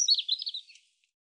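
European robin song fragment: a brief, high, warbling twitter of quick slurred notes lasting under a second, then silence.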